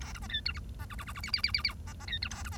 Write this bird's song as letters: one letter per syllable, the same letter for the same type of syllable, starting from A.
A B C D E F C G G G G H H H H H C C D E A B C